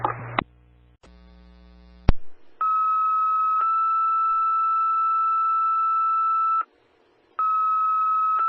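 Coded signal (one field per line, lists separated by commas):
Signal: two-tone page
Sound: a clicky start, a one-second tone, then a slightly higher long tone, pause, tone again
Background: radio static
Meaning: Alerts Newport City Fire to a structure fire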